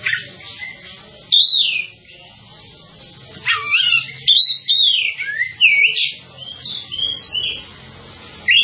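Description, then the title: Java sparrow song, scattered high chirps and sweeping whistled notes building into quicker twittering phrases. "kicau gelatik"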